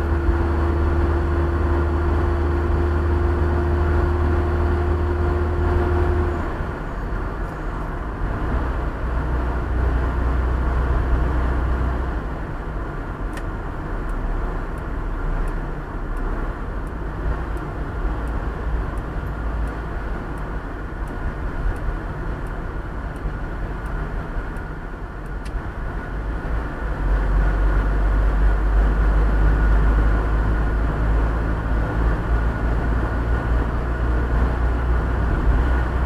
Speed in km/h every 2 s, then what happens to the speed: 62, 63, 64, 65, 63, 62, 61, 60, 59, 56, 55, 52, 49, 48, 49, 52, 55, 57.
0-7 steady at about 63. 7-24 slows to 49. 28-36 speeds up to 57.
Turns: none.